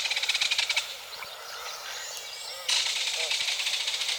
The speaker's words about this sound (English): A kingfisher rattles as he makes off with his evening meal.